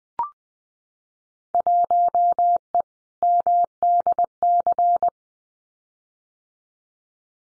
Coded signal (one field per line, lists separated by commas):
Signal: Morse code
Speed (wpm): 20 wpm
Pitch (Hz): 700 Hz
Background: none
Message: 1E MDC